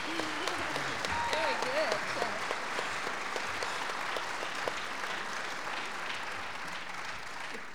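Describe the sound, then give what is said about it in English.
An audience at a 2007 gospel show applauds after the hymn 'When the Roll Is Called Up Yonder', in a dense, steady patter of many hands that holds at an even level throughout, with a few voices calling out briefly near the start. “We like that when you clap along and sing along.”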